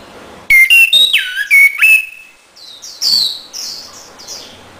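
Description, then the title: Orange-headed thrush song: a quick run of loud, clear whistled notes, some sliding down, over about 1.5 seconds, followed by softer high chirps. Song used to lure and stimulate a silent orange-headed thrush into singing. "Anis Merah Macet.. Pancing Dengan Suara Ini.."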